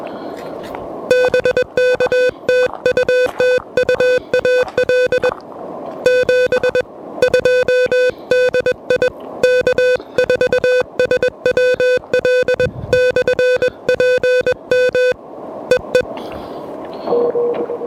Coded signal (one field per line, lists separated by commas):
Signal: Morse code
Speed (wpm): 21 wpm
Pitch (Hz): 500 Hz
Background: music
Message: BK TU TU AL 72 DI K4SWL/PM EE M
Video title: QRP POTA in Motion: Pedestrian Mobile with the Elecraft KH1!